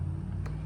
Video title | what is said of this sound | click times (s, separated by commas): Honda Lawn Mower Blade Change | or that connector there you can kind of feel it click so now our our blade | 0.5 s